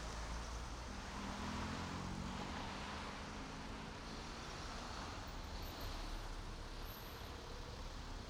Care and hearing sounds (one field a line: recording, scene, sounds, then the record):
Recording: everyday scene through a hearing-aid microphone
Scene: in traffic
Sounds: traffic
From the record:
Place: main road on the outskirts, rush hour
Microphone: in the ear canal, right